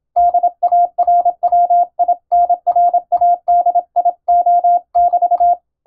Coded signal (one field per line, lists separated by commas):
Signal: Morse code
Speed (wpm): 27 wpm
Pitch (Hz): 700 Hz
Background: none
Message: DARWINRADIO<BT>